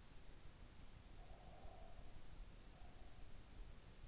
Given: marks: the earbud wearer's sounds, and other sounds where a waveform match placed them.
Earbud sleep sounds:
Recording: sounds in sleep by an in-ear microphone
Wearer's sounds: breath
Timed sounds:
0.90-3.68 s: breath

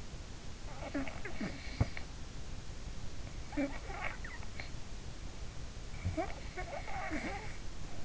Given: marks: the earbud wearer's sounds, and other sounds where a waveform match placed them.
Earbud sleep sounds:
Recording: sounds in sleep by an in-ear microphone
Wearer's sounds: snoring breath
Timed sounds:
0.56-2.28 s: snoring breath
3.22-4.71 s: snoring breath
5.82-8.05 s: snoring breath

